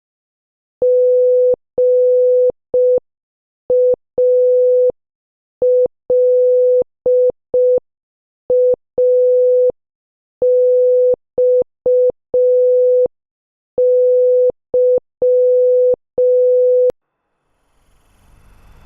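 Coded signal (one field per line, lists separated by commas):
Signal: Morse code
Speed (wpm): 5 wpm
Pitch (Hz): 500 Hz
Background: none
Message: GALAXY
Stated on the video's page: Morse practice at 5 wpm, sending movie names as a guess-the-movie sentence drill.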